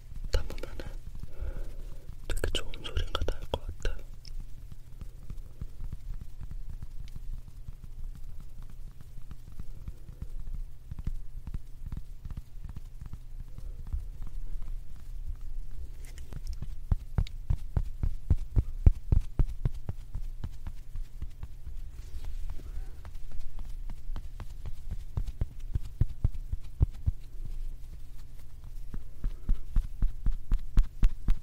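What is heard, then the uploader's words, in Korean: Makeup puff and pouch sounds: a brief crinkly rustle of handling in the first few seconds, then a long run of quick, soft, muffled pats that keep a fairly even rhythm. A steady low hum sits underneath, and the pats get slightly louder near the end. ASMR 클리오 퍼프 , 파우치 소리 가득.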